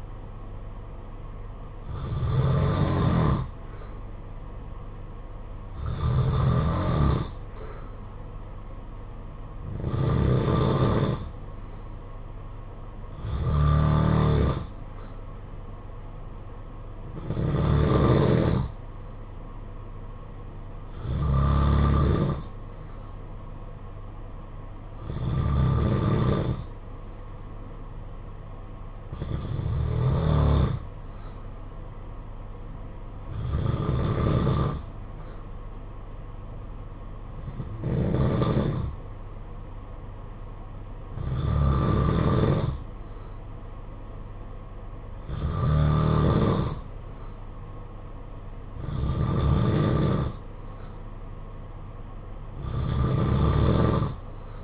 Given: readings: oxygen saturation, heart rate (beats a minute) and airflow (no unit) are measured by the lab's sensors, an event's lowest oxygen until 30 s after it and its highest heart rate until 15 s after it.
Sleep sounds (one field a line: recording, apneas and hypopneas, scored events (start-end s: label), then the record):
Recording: breathing in sleep by a smartphone at the bedside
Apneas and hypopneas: none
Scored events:
none scored
From the record:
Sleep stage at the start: N2 (light sleep)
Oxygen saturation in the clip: 91 to 93%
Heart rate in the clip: 50 to 55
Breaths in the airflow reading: 14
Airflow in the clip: -7.2 to 5.9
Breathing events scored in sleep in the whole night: 476 in 9.7 hours asleep